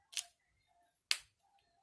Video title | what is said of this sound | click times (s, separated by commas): Badge A Minit 😊 Little Demo 2018 | Hear that snap? | 1.1 s